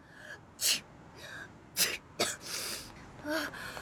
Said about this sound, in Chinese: 回到秋意家，刚进门，秋燕就一边打着喷嚏一边跑了过来。